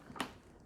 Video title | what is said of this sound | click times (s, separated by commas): 2019 Nuna Mixx Stroller Review ( things we like and don't like) long term review. | your infant cart your nuna PIPA infant car seat clicks into place just like that | 0.2 s